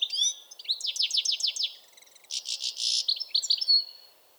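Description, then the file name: European goldfinch twittering: a quick series of tinkling notes, then a buzzy burst and a few liquid chirps fading out. "Carduelis carduelis"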